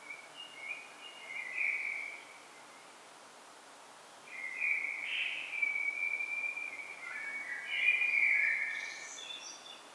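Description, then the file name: Common blackbird singing soft fluty phrases separated by a pause, then a longer warbled phrase ending in high scratchy twitters. "Turdus merula"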